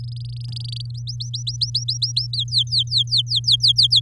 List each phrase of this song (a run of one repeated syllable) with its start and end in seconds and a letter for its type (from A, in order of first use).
0.00-0.82 A, 0.94-2.27 B, 2.33-4.00 C